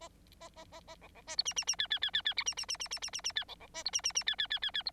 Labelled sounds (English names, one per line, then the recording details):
Bengalese Finch song
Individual Bird9